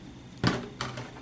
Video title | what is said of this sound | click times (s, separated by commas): uso xbox 360 repair training 11 re assembling the 360 generation 1 and 2 | slide that in until you hear a click like so | 0.8 s